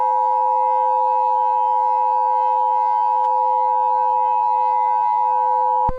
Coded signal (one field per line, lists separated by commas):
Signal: Emergency Alert System (SAME) tones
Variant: 853 and 960 Hz attention tone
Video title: EAS Scenario #6: Wedge in the Peach State